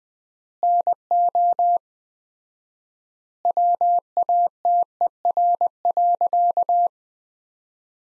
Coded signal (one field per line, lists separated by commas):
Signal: Morse code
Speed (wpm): 20 wpm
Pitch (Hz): 700 Hz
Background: none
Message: NO WATER.